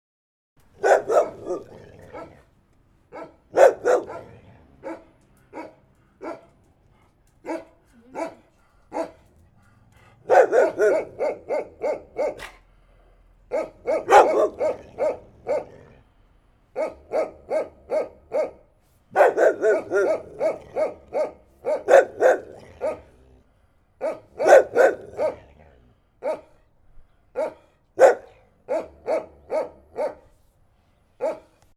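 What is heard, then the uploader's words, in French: A dog barks repeatedly, in rapid bursts of sharp, mid-pitched barks separated by short pauses. Busier clusters come around 10–16 and 19–26 seconds, while quieter single barks fill the gaps. The background is otherwise quiet. Chien aboyant. Lors d'une sortie aux alentours du collège, Kassoum Florian et Nadia ont enregistré les sons de la ville.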